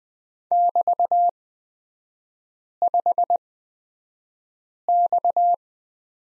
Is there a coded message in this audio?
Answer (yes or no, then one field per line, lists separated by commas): yes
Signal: Morse code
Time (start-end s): 0.5-5.5 s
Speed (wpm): 20 wpm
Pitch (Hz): 700 Hz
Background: none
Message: <BT>5X